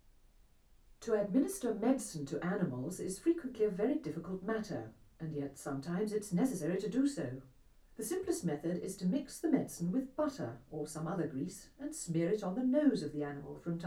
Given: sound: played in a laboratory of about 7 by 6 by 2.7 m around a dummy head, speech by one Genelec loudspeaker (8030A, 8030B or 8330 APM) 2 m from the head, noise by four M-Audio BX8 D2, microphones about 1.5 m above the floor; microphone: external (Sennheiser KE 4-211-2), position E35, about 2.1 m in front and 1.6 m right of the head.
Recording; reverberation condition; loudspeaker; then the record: female speech in English; low; 120 degrees to the right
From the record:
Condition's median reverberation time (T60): about 310 ms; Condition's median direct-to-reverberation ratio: about 3.5 dB